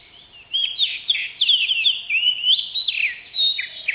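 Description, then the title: Oriental magpie-robin song: after a brief quiet start, a steady flow of sweet slurred whistles and short upswept notes, varied in pitch. "KACER"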